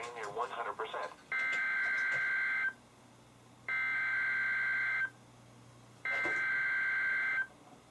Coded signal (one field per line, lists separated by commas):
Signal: Emergency Alert System (SAME) tones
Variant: header bursts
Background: speech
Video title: EAS #53-#67: Spring has begun! | KHB36